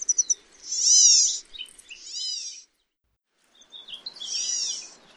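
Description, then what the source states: California Gnatcatcher making long, harsh, cat-like mewing calls. Two come close together, then a short silence, then a third. Call and song; sounds more like Blue-gray Gnatcatcher than Black-tailed, but the call is more prolonged and cat-like.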